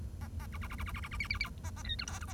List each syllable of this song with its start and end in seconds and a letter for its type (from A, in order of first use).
0.21-0.27 A, 0.40-0.46 A, 0.53-0.57 B, 0.62-0.67 B, 0.70-0.75 B, 0.78-0.83 B, 0.86-0.92 B, 0.94-1.00 B, 1.02-1.08 B, 1.11-1.17 B, 1.20-1.27 C, 1.30-1.38 C, 1.40-1.49 C, 1.64-1.70 A, 1.76-1.82 A, 1.84-1.95 D, 1.99-2.05 E, 2.07-2.19 F, 2.21-2.25 G, 2.27-2.33 A